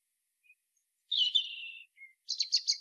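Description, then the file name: European robin song with a faint short note, a mellow descending warble, a thin low whistle, then a run of pulsing high trilled notes. "Erithacus rubecula"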